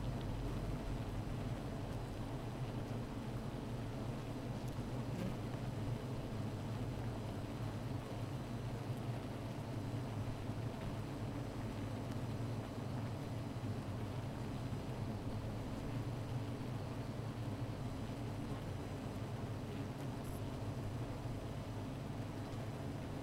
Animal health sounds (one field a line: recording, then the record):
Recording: honeybee colony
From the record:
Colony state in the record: missing queen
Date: 14 July 2017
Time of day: 15:44